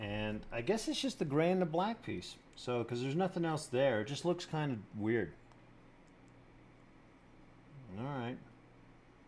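Someone talks while handling a plastic building-brick piGEce (the gray and black pieces) for its spot on a 2000+ piece knockoff of the LEGO Hulkbuster set 76066, then the talk stops and only faint handling is heard, with a brief murmur near the end. The piece has not snapped into place yet; nothing has seated or clicked by the end of the clip.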